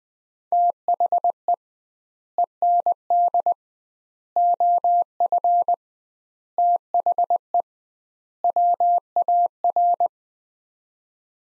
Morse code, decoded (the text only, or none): THE END OF THE WAR